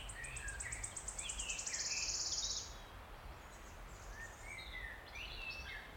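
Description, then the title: Wood warbler singing: sharp, high notes speed up into a dense, silvery trill, then other songbirds carry on with varied whistled phrases. Male singing from the canopy of tangled oak trees in an ancient oak wood, on a steep-sided wooded valley in South Wales, in May, just after rain had stopped. "Sound Escape. listen to the cascade of wood warbler song in an ancient oak wood"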